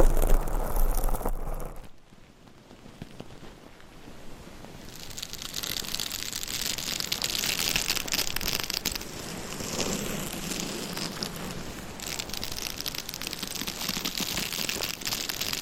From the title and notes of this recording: ASMR Binaural Mic Scratching - Brain Scratching No Talking for Sleep with Long Nails.